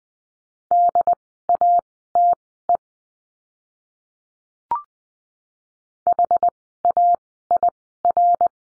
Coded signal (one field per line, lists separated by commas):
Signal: Morse code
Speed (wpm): 20 wpm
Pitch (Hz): 700 Hz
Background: none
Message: DATE HAIR